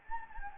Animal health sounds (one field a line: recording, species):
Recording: mosquito wingbeat signal from an infrared sensor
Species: Anopheles gambiae